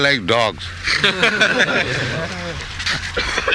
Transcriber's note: laughter